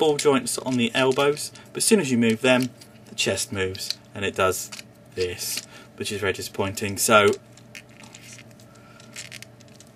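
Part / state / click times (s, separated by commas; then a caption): plastic toy robot chest piece into the torso / not seated / none. Someone talks while moving the elbow joints of a plastic toy robot, which shifts the chest piece out of place, followed by small plastic clicks and taps near 7.8, 8.0, 8.2 and 9.3–9.4 seconds as the chest piece is pushed back toward the torso. The chest piece has not seated or clicked into place yet.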